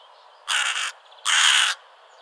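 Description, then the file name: Carrion crow calling two rasping, drawn-out caws with a brief pause between them. "Corvus corone"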